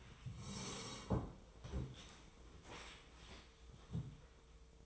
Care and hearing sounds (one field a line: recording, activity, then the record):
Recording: daily activity, microphone in the room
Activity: sit down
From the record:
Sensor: 1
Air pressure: 1005.4 hPa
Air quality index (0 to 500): 123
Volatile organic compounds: 5 ppm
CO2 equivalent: 1727 ppm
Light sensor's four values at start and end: 11/26/10/11 and 11/27/11/12